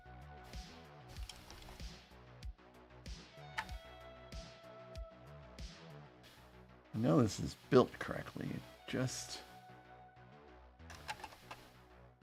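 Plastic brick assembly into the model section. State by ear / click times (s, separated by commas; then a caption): not seated / none. A plastic LEGO brick assembly is pressed repeatedly into a section of a LEGO Star Wars Ultimate Collector Series TIE Fighter #75095 model, making soft plastic taps and presses over background music while someone talks. One side will not snap in, and nothing has seated or clicked yet.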